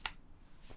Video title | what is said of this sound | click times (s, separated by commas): Vlog Feb 6th AUDIO FIXED - Vape Forward, Cloudmaker, Magma and more | and you're in again. And And it has a nice little click to sit itself in. | 0.1 s